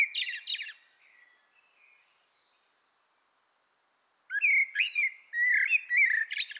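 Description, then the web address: Common blackbird song: a phrase trailing off in soft notes, a couple of seconds of near silence, then a fresh burst of fluted, scratchy warbling. "pub SETE data Turdus merula"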